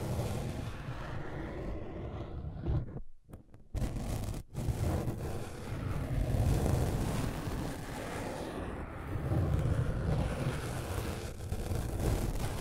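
Scratching and tracing form a dense, rough rubbing that runs almost without pause, heavy in the low end with a hissy top. It breaks off briefly around three seconds and again near four and a half, then swells a little around six and ten seconds.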